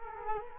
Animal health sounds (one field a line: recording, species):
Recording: mosquito wingbeat signal from an infrared sensor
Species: Culex quinquefasciatus